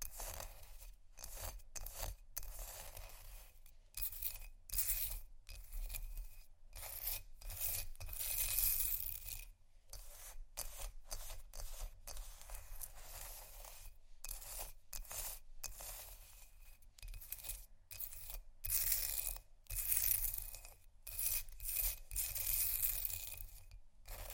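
Ice being scratched and tapped in a dense run of short, rasping scrapes, broken by brief silent gaps between strokes. The scraping is bright and gritty, with quick irregular bursts that speed up and slow down, and a steady low rumble underneath throughout.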